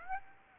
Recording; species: mosquito wingbeat signal from an infrared sensor; Aedes aegypti